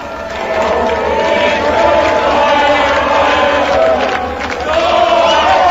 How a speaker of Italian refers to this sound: Libertà, libertà stanno scandendo.